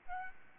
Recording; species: mosquito wingbeat signal from an infrared sensor; Aedes albopictus